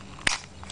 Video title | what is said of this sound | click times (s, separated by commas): Tokyo Marui Glock 17 GBB Review Pt. I | and then you hear that click it is ready to fire | 0.3 s